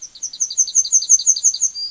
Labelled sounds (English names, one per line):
Yellowhammer song